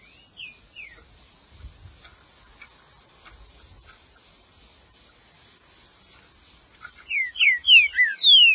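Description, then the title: Green-winged saltator: a few faint whistled notes early, then a loud phrase of rapid falling whistles near the close. "Trinca Ferro"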